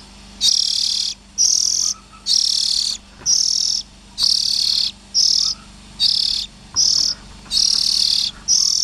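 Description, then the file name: Oriental magpie-robin rasping calls: a series of loud buzzy bursts, roughly one a second, with faint thin whistles in the gaps. Young birds. "Tieng chim chich choe than non"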